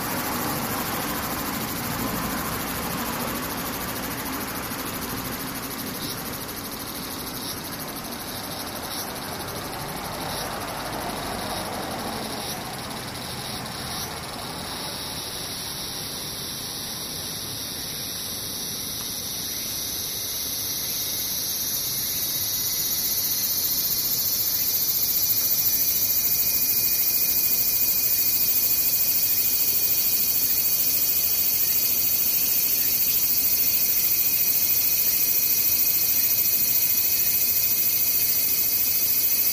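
Cicadas drone in a steady, high, shrill buzz that fills the whole clip. Around twenty-two seconds the chorus swells, with a second, lower whine joining, and it stays louder to the end. A faint low rumble sits underneath early on.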